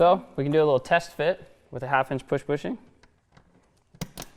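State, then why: Seated. A half-inch plastic push bushing is test-fitted into a freshly drilled hole in an enclosure wall to check that the hole is the right size. Someone talks, then a few faint handling sounds follow, and a sharp click at 4.0 s marks the bushing snapping into place, seated.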